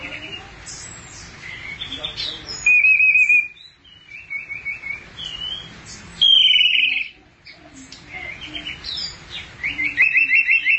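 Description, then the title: Thrush singing loud, buzzy trilled phrases every few seconds, mixed with quick high chirps and soft background twittering. "burung anis x"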